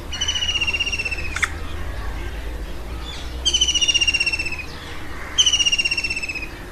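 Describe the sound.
Bird call, three bursts of rapid buzzy trilled notes with descending pitch, each lasting about a second, one sharp click between, over steady low background hum.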